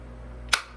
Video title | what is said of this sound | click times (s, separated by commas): Buying your first gun | positive click if you fall down if you get it down to your car and doing something stupid the | 0.5 s